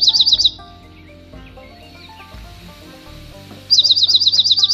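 Junco trill, a rapid run of high, even chips lasting about half a second, then a quiet gap before the fast chipping trill returns near the end.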